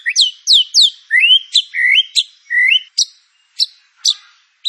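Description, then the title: White-rumped shama song: loud whistled down-slurred and up-slurred notes in quick succession, then a few sparse sharp notes. Used as a lure to prompt singing; full fill-in training material for teaching song. "PANCINGAN MURAI BATU. MURAI BATU FULL MATERI ISIAN"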